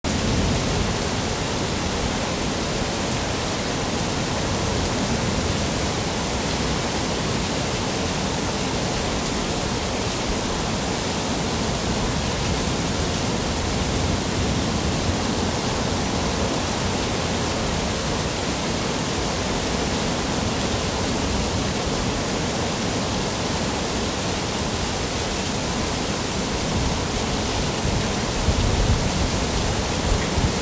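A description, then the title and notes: Steady rain falls on a city day, a dense, even hiss that fills the whole range from a low rumble to a bright, airy top. The level barely changes across the half minute, with a slight lift near the very end. Milanese rain day.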